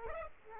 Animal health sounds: mosquito wingbeat signal from an infrared sensor; Aedes aegypti

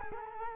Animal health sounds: mosquito wingbeat signal from an infrared sensor; Culex quinquefasciatus

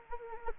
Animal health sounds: mosquito wingbeat signal from an infrared sensor; Anopheles gambiae

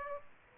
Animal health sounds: mosquito wingbeat signal from an infrared sensor; Aedes aegypti

